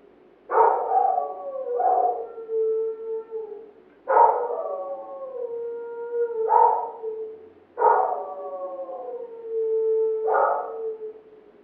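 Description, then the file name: Dog barking, each sharp bark sliding into a long howl, in three bouts about every three and a half seconds. Neighbours' dog barking. "Digiffects Sound Effects Library - Neighbours Dog Barking"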